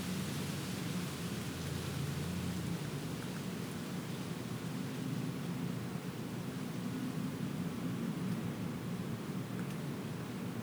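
Wind rushes steadily through the trees, a dense, even roar with a low rumble underneath that holds constant without any distinct gusts.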